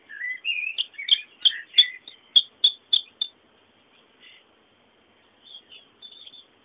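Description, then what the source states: Bird calls: a warbled start, then a series of sharp, clipped chirps, followed by a few faint notes. Background bird sounds.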